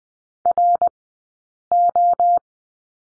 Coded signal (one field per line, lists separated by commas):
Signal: Morse code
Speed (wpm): 20 wpm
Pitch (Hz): 700 Hz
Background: none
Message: RO